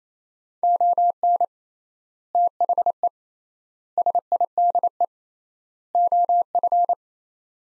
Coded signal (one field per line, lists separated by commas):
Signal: Morse code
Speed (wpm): 28 wpm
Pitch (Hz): 700 Hz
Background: none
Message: ON THE SIDE OF